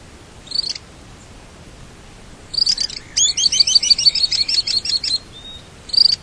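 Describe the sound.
Bird calls: a short high chirp, then a rapid run of thin, high chirps lasting about two seconds, and a final chirp at the end.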